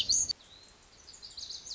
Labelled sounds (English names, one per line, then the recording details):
Lazuli Bunting
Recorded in Sonoma County, California